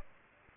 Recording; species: mosquito wingbeat signal from an infrared sensor; Aedes aegypti